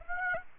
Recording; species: mosquito wingbeat signal from an infrared sensor; Aedes aegypti